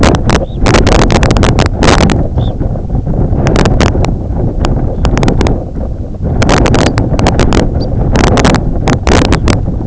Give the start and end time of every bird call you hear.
0.30s-0.69s: Red Phalarope (Phalaropus fulicarius) (2.4-4.5 kHz)
2.29s-2.56s: Red Phalarope (Phalaropus fulicarius) (2.6-4.2 kHz)
4.91s-5.11s: Red Phalarope (Phalaropus fulicarius) (2.6-4.2 kHz)
6.79s-6.95s: Red Phalarope (Phalaropus fulicarius) (4.2-5.2 kHz)
7.71s-7.89s: Red Phalarope (Phalaropus fulicarius) (4.3-5.2 kHz)

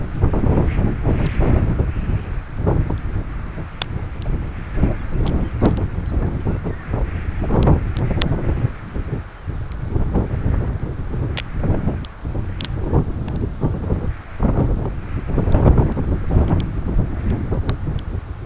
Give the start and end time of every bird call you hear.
4.95s-6.18s: Lapland Longspur (Calcarius lapponicus) (2.8-5.2 kHz)

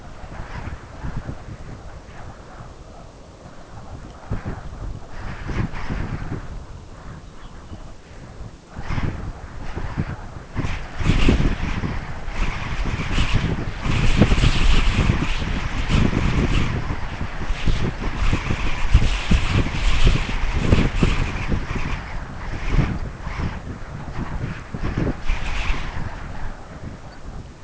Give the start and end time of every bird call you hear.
7.18s-7.90s: Lapland Longspur (Calcarius lapponicus) (2.5-4.3 kHz)
22.93s-23.08s: Lapland Longspur (Calcarius lapponicus) (4.1-5.2 kHz)
27.03s-27.27s: Lapland Longspur (Calcarius lapponicus) (4.0-5.0 kHz)

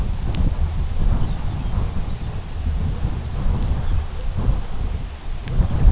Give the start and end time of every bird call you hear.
1.10s-2.38s: Lapland Longspur (Calcarius lapponicus) (2.3-4.3 kHz)
3.80s-4.09s: Lapland Longspur (Calcarius lapponicus) (2.5-3.8 kHz)

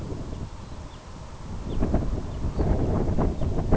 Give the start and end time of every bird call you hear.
0.57s-1.01s: Red Phalarope (Phalaropus fulicarius) (2.6-4.6 kHz)
1.58s-1.78s: Red Phalarope (Phalaropus fulicarius) (2.4-4.2 kHz)
2.20s-2.94s: Red Phalarope (Phalaropus fulicarius) (2.4-5.1 kHz)
3.29s-3.49s: Red Phalarope (Phalaropus fulicarius) (2.5-4.1 kHz)

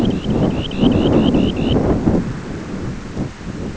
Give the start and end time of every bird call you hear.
0.00s-1.78s: Dunlin (Calidris alpina) (2.0-4.7 kHz)

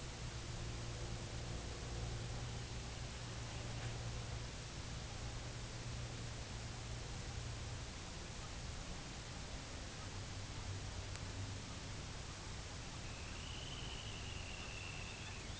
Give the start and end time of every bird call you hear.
12.89s-15.47s: Dunlin (Calidris alpina) (1.1-3.8 kHz)
13.89s-15.60s: American Golden-plover (Pluvialis dominica) (2.4-4.8 kHz)

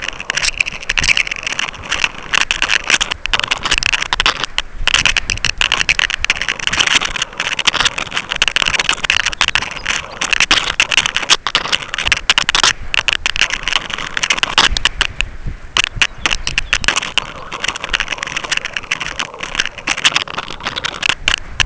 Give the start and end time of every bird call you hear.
8.91s-10.19s: Lapland Longspur (Calcarius lapponicus) (2.9-5.7 kHz)
15.90s-17.49s: Lapland Longspur (Calcarius lapponicus) (2.5-5.7 kHz)

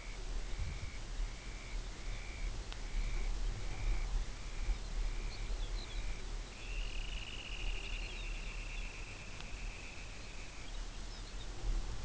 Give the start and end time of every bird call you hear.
0.00s-10.70s: Dunlin (Calidris alpina) (1.2-3.4 kHz)
4.58s-6.33s: Lapland Longspur (Calcarius lapponicus) (2.9-5.7 kHz)
6.74s-8.88s: Lapland Longspur (Calcarius lapponicus) (3.0-5.4 kHz)
10.08s-11.57s: Lapland Longspur (Calcarius lapponicus) (2.8-5.7 kHz)

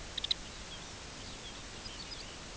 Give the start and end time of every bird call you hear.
0.08s-0.40s: Ruddy Turnstone (Arenaria interpres) (1.4-6.5 kHz)
0.47s-2.56s: Lapland Longspur (Calcarius lapponicus) (2.4-6.5 kHz)

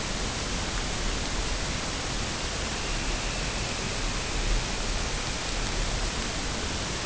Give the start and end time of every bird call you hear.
2.22s-6.07s: Dunlin (Calidris alpina) (1.6-3.4 kHz)

